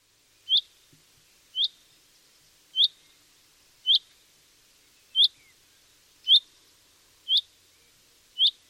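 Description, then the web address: Common chaffinch calling: a single bright, clipped note repeated about once a second. "Deverinetal"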